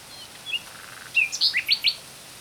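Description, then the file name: Common nightingale song phrase: scattered thin chirps give way to a quick run of loud, sharp rising notes, ending abruptly. "Luscinia megarhynchos"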